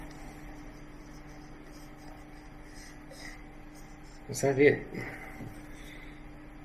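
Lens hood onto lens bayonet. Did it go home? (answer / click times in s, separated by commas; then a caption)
no / none. A lens hood is being turned on the bayonet of a Yongnuo YN 85mm F1.8S DF DSM Z lens, with brief handling noise rising around 4.3–4.8 seconds while someone talks. Nothing has seated or clicked yet.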